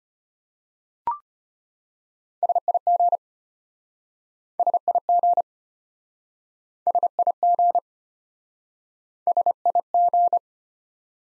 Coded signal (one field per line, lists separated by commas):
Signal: Morse code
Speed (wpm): 34 wpm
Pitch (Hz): 700 Hz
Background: none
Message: SIG SIG SIG SIG